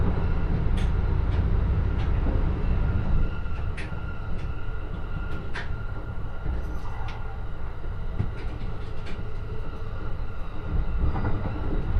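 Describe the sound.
A Joban Line local train runs on with a heavy, steady low rumble that eases slightly after about three seconds. Short sharp clicks and ticks cut through every second or so, and a faint thin whine hangs above the roar throughout.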